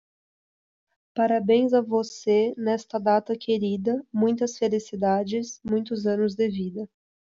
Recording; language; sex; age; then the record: short text; Brazilian Portuguese; female; 20 to 29 years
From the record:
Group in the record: control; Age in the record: 20 years